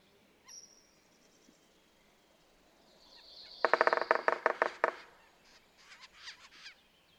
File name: Red-naped Sapsucker